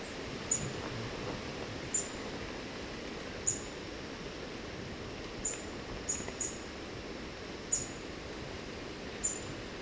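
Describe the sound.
White-browed foliage-gleaner giving short, very high, sharp call notes with a slight downward flick, spaced irregularly from under half a second to about two seconds apart over steady background hiss.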